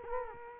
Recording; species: mosquito wingbeat signal from an infrared sensor; Culex quinquefasciatus